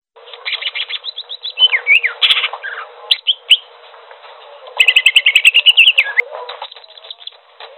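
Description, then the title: Bird singing a lively medley of twittering trills, swooping whistles and a fast repeated rattling series, with brief gaps between phrases. "SuaraBurung Kicau"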